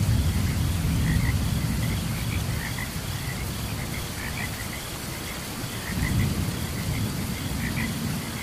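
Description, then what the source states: Frogs croaking in a chorus of many short, bubbly notes over rain and low rumbling thunder. Frogs calling during a thunderstorm.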